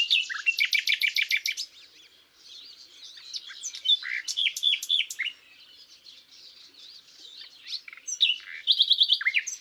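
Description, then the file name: Common nightingale singing: a fast rattling series of repeated notes, a pause of varied whistles, then sharp repeated chips and another loud rapid trill at the end. "Luscinia megarhynchos"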